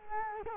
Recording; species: mosquito wingbeat signal from an infrared sensor; Culex quinquefasciatus